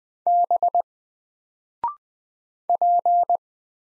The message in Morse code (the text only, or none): B P